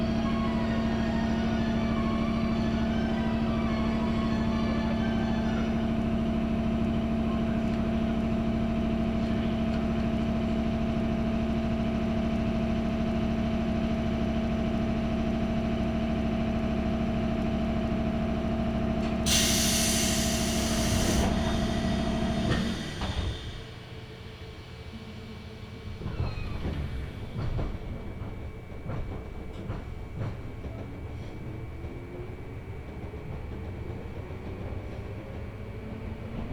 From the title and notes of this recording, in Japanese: 中央東線 普通 韮崎→東山梨。韮崎を出てもまだ下り続けて甲府盆地に入ります。